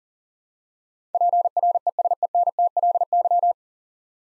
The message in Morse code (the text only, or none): PRESENTLY